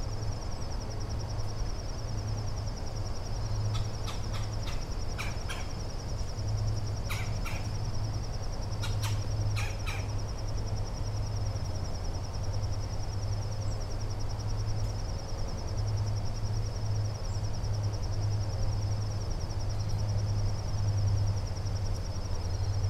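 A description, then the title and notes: At Sherwood Island State Park, a steady high insect-like buzz and low rumble continue throughout, with brief sharp chirps around five to ten seconds. A recording at the Sherwood Island State Park near Westport, CT.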